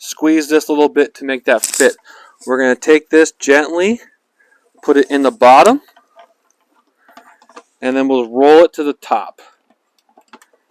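Someone talks while squeezing a plastic cover for an FIC-ETJ3500 electric tongue jack top and gently placing it into the bottom indentation, ready to roll it to the top and snap it in. Light plastic taps and rattles are heard around 6.5–7.6 s and again from 10.0 s. Nothing has seated or clicked yet.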